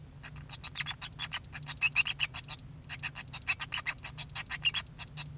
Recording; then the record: song of a male Bengalese finch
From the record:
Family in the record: son of father 2